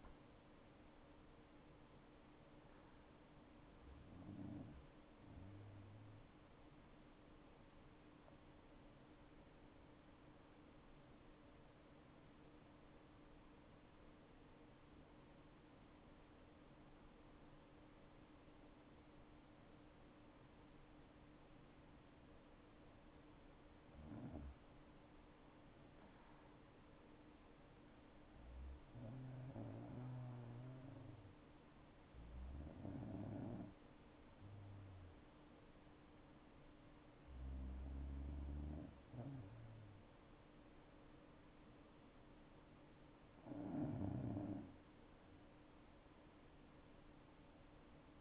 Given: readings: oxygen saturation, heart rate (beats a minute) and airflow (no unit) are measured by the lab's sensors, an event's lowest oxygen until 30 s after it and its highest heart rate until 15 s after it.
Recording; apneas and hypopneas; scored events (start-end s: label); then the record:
breathing in sleep by a voice recorder at the bedside; 1
4.00-34.00 s: new sleep stage, N1 (lightest sleep)
11.00-24.10 s: obstructive apnea (N1, oxygen 97% highest, then 90% lowest, heart rate 77 at the start, 77 highest)
34.00-48.21 s: new sleep stage, N2 (light sleep)
From the record:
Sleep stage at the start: N2 (light sleep); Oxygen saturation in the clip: 90 to 97%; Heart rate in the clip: 58 to 83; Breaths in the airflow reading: 7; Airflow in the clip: -8.3 to 8.0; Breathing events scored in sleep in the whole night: 228 in 5.4 hours asleep